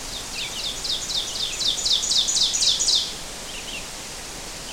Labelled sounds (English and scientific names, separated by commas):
Ovenbird (Seiurus aurocapilla) song